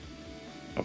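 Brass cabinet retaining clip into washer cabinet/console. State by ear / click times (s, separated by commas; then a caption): seated / 0.8 s. During reassembly of a KitchenAid top-load washer being fixed for not agitating or spinning, a brass spring retaining clip that holds the cabinet and console together is pushed down by hand into the washer cabinet. A steady low hum runs until a single short, sharp click at 0.8 s as the clip seats home.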